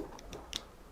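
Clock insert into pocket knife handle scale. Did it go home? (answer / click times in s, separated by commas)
yes / 0.6 s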